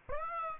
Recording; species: mosquito wingbeat signal from an infrared sensor; Aedes aegypti